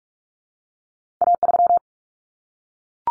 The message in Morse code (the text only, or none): A3